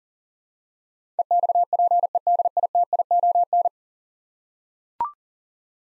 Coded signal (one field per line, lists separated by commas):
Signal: Morse code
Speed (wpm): 41 wpm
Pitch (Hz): 700 Hz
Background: none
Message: EXPEDITION